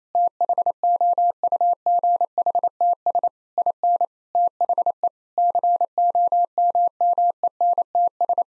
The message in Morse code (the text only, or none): THOUGHTS IN THE COMMENTS